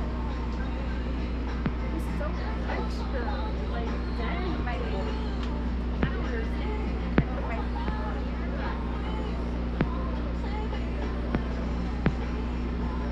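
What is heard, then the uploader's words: Inside a mobile blood donation bus, a steady low hum from an engine or generator runs under continuous talking, like a radio playing. Sharp clicks or taps land every couple of seconds, around 1.5, 6, 7, 10 and 12 seconds, over a constant, even background. Sounds from donating blood on a mobile bus, mostly sounds from the local radio station and some occasional beeping.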